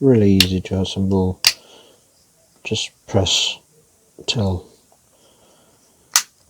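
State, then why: Seated. Someone talks while pressing the two plastic halves of a replacement key fob case for a VW Passat together. A sharp, loud click at 6.2 s marks the case snapping shut, fully seated.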